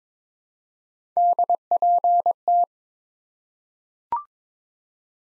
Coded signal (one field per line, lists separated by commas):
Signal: Morse code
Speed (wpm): 22 wpm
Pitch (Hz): 700 Hz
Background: none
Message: DPT